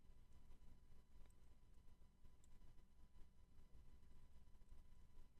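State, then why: Not seated. An Armory Craft extended slide catch assembly is being handled in a SIG Sauer P365 pistol frame, where one end is not yet fully in and is about to be pressed in. Only a low, steady background hiss and faint handling noise are heard. Nothing has seated or clicked yet.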